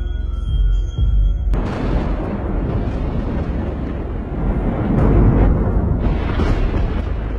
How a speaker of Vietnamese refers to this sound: Đột nhiên trên tầng không vang lên một tiếng sét đinh tai nhức óc.